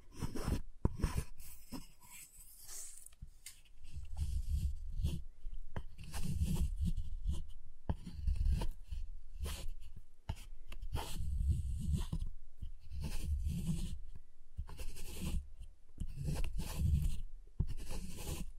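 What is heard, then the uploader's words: Dry tapping and scraping on a giant chocolate bar, with frequent soft thuds and crisp clicks in irregular bursts throughout. ASMR Giant Chocolate Bar Tapping, Cutting, Snapping Sounds (No Talking).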